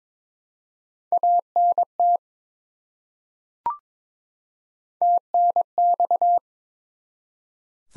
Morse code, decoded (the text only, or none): ANT TNX